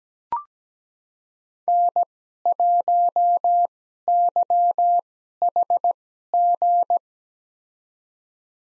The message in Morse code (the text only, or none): N1YHG